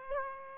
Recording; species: mosquito wingbeat signal from an infrared sensor; Aedes aegypti